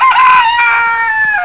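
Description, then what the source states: Chicken: rooster crowing, a loud, rich, harmonic cry that rises briefly and then holds a long, slowly falling note. Male chicken (rooster).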